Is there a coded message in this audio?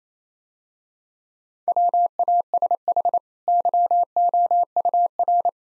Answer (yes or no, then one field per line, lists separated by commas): yes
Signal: Morse code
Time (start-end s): 1.7-5.5 s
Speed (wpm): 28 wpm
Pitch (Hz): 700 Hz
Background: none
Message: WASH YOUR